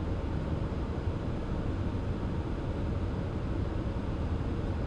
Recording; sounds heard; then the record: poultry house recording; no chicken sound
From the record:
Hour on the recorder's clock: 22